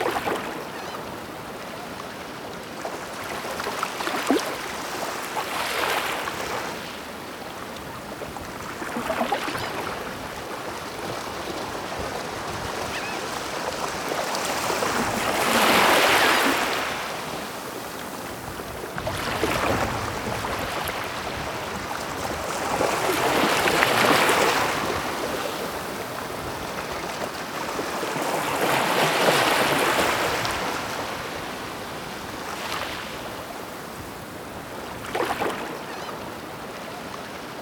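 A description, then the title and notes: Ocean sounds with waves washing in at a slow, uneven pace, swelling to louder hissing surges around 16, 24 and 29 seconds. Between surges a steady low rush of water continues, with brief fainter splashes scattered throughout. The surf seems moderately close. One Hour Of Ocean Sounds For Better Sleep.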